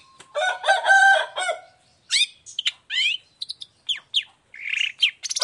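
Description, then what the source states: Long-tailed shrike voicing a loud harmonic squawking phrase followed by rising and falling whistled notes and short buzzy chips. Long-tailed shrike in full song in the morning, with 'toet toet' notes, varied clear-voiced phrases; offered as a model for other shrikes to imitate.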